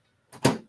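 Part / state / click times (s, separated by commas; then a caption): expansion card into motherboard slot / seated / 0.3 s, 0.5 s. An expansion card is lined up with its slot on the motherboard of a vintage Compaq Portable computer and pushed home. A softer click at 0.3 s is followed by a louder, brighter click at 0.5 s as the card clips into place and seats.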